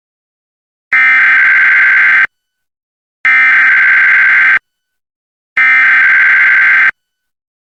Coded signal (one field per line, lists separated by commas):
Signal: Emergency Alert System (SAME) tones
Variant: header bursts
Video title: EAS #1110: EAS Required Monthly Test- Sep. 11, 2025- 10:14AM PDT